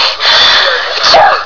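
A single adult sneeze: a brief voiced intake, then a loud, hissing burst of air lasting about a second.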